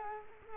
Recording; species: mosquito wingbeat signal from an infrared sensor; Culex quinquefasciatus